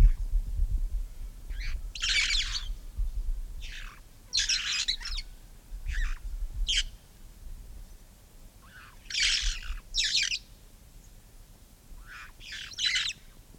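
Red-fronted parrot uttering coarse, scratchy calls singly and in pairs every second or two, with a low background rumble.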